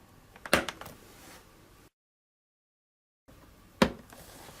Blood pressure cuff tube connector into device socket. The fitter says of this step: the tubes to they're color-coded sockets pushing them home until you hear a click